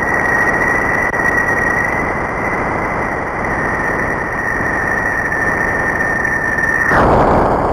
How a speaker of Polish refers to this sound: Tak brzmi Jowisz